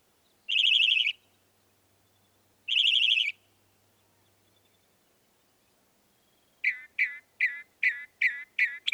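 Northern mockingbird song: two long buzzy phrases about two seconds apart, then a rapid run of several sharp, repeated notes.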